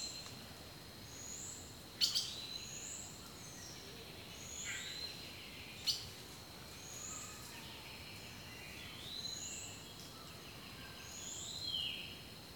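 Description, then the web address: Bird calls: short high whistles repeated at intervals, with occasional sharp chips and a steady insect hum. Rainforest birdsong. "The Natural Sounds of the Wilderness Echoes of Nature - Rainforest Birdsong"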